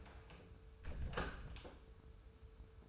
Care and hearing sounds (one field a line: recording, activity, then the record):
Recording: daily activity, microphone in the room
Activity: close door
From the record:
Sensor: 2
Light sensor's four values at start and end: 13/35/14/15 and 13/35/14/15